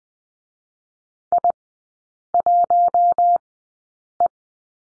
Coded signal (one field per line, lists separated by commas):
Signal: Morse code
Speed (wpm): 20 wpm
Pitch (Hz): 700 Hz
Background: none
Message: I1E